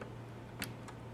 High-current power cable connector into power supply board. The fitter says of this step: now we've got this large heavy heavy amperage cable snaps back into place